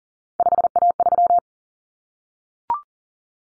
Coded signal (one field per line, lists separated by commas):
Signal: Morse code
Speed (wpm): 40 wpm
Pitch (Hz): 700 Hz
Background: none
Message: 5A3